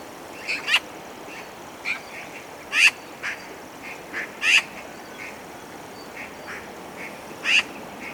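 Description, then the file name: Eurasian magpie uttering scattered harsh chak notes, four strong ones and several softer single notes in between, at an uneven pace over low hiss. "Pica pica"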